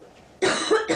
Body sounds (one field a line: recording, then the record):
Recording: coughing mixed with background sound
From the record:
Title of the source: female coughing - coughing sound effects girl